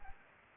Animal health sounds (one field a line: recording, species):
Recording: mosquito wingbeat signal from an infrared sensor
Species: Culex pipiens